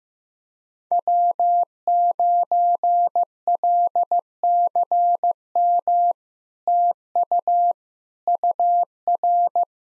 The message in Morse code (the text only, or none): W9LCM TU UR